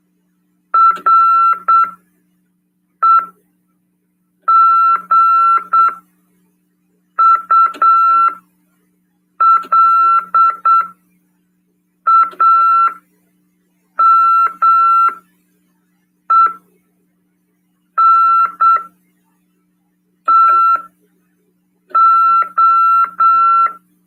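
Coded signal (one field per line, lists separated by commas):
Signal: Morse code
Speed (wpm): 8 wpm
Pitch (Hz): 1340 Hz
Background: none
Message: REGULAMENTO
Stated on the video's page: Morse heard in an amateur radio lesson on CW, on FM 146.410 MHz.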